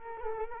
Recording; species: mosquito wingbeat signal from an infrared sensor; Culex quinquefasciatus